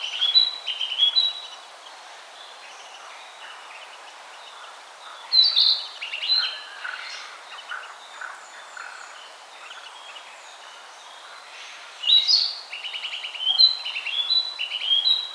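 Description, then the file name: Songbird, named as Narcissus flycatcher, giving scattered whistled and buzzy trilled phrases with quiet gaps, against faint background noise. "Ficedula narcissina"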